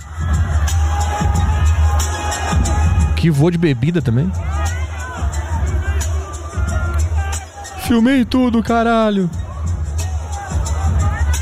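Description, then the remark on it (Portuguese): Loud, continuous audience commotion as a man invades the stage: a dense roar of many voices with two bursts of high, strained yelling, while a man talks excitedly over the din. “E deu confusão na plateia também? Confusão ali embaixo, né?”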